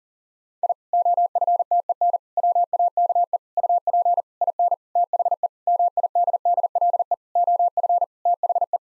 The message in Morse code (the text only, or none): I OFTEN WAKE UP IN THE MIDDLE OF THE